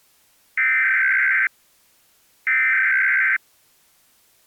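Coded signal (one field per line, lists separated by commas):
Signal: Emergency Alert System (SAME) tones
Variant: header bursts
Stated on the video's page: Fictional EAS scenario.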